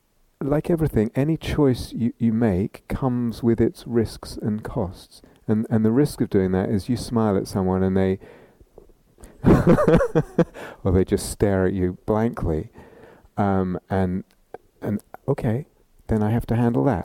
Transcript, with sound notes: Like everything, any choice you make comes with its risks and costs. The risk of doing that is you smile at someone and they... [laughs] Or they just stare at you blankly. And okay, then I have to handle that.